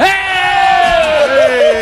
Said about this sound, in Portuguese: Um aplauso bem forte só pra mim.